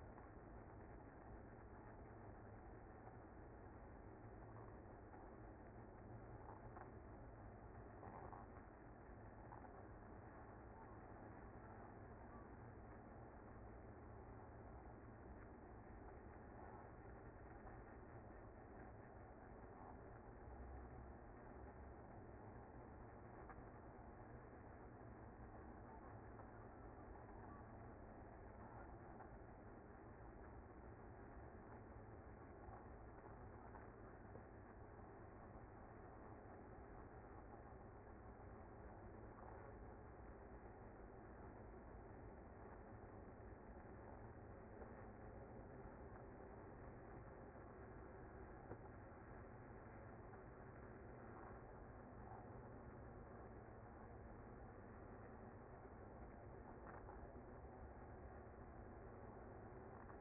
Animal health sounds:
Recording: honeybee colony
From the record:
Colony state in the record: active

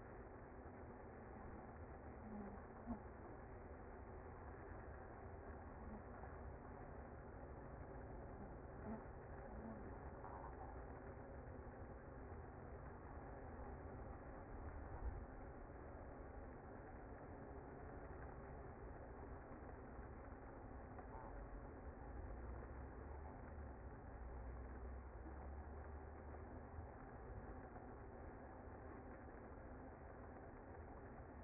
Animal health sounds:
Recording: honeybee colony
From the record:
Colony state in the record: active

